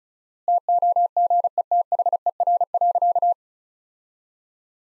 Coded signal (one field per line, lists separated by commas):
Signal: Morse code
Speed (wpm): 35 wpm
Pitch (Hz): 700 Hz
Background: none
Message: TOGETHER.